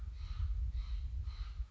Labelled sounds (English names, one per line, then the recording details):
Steller's Jay
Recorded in Sonoma County, California